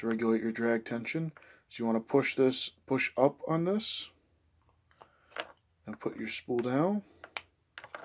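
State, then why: Seated. Someone talks while the spool of a vintage Zebco 404 spincast fishing reel is put back down onto the reel body with its teeth facing down. Short clicks at 7.4 s and 7.8 s mark the spool seating, and it is confirmed clicked into place.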